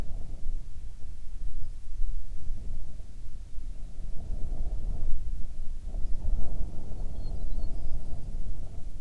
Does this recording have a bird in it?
yes